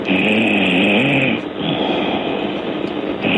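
An elderly woman, asleep during a phone call, snores loudly: a rattling snore on the in-breath lasts about a second and a half, followed by a softer breath out, with the next snore starting at the end. The snoring sounds loud enough to wake her. The sound is thin and muffled, as heard down a phone line. This is ordinary sleep snoring.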